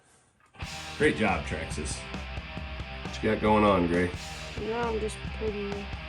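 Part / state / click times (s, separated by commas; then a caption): bearing into aluminum steering knuckle of RC truck / not seated / none. A bearing is handled at an anodized aluminum steering knuckle on a Traxxas RC monster truck, ready to be pressed in. Guitar music plays throughout while someone talks. Nothing has seated or clicked yet.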